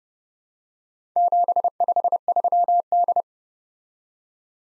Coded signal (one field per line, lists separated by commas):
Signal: Morse code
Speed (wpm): 31 wpm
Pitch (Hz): 700 Hz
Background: none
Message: 753D